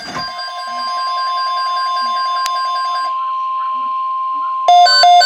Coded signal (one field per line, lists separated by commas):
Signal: Emergency Alert System (SAME) tones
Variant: 1050 Hz attention tone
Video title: Tornado Watch (EAS 387)